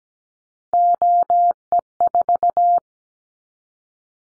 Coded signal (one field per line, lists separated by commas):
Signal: Morse code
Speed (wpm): 17 wpm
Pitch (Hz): 700 Hz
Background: none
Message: OE4